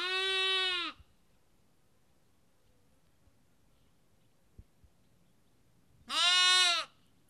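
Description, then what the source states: Sheep: two lamb bleats, one at the start and one near the end, with a long quiet gap holding a couple of soft clicks. Lamb; Kakopetria, Cyprus.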